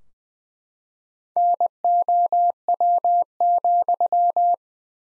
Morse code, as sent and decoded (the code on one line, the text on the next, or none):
-. --- .-- --..--
NOW,